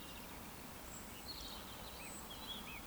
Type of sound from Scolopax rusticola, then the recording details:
whistle. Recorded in Baden-Württemberg, Germany, on 14 June 2020 at 19:59 UTC. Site 14569, 102 m above sea level